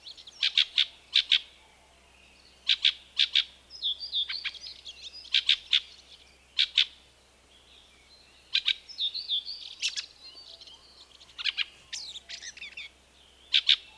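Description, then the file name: Fieldfare song: paired and tripled harsh chack notes recurring every couple of seconds, alternating with high, squeaky, jumbled warbling phrases. "Various Birds - Fieldfare"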